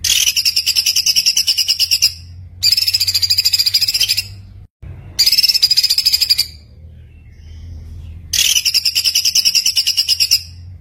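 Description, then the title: White-eye song in four long, fast, buzzy high trills with quiet gaps and a low steady hum beneath. Masteran recording of a white-eye singing gacor (continuous singing), full of tembakan bursts. "Masteran Burung Pleci Gacor Full Tembakan"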